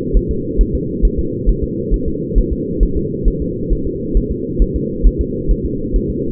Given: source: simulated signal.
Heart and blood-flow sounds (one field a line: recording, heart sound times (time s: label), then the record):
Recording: fetal heart sounds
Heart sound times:
0.17 s: S1
0.31 s: S2
0.61 s: S1
0.75 s: S2
1.05 s: S1
1.19 s: S2
1.49 s: S1
1.64 s: S2
1.94 s: S1
2.08 s: S2
2.38 s: S1
2.53 s: S2
2.83 s: S1
2.97 s: S2
3.28 s: S1
3.42 s: S2
3.73 s: S1
3.87 s: S2
4.17 s: S1
4.31 s: S2
4.62 s: S1
4.76 s: S2
5.07 s: S1
5.21 s: S2
5.51 s: S1
5.66 s: S2
5.96 s: S1
6.10 s: S2
From the record:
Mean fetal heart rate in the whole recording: 135 bpm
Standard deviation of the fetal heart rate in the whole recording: 3 bpm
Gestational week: 36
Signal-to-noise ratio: -6.6 dB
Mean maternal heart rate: 72 bpm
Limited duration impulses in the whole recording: present